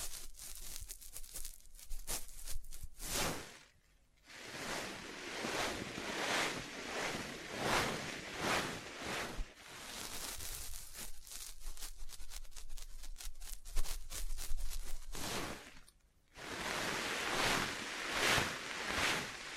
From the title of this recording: Tapping, Scratching, Tracing and Panning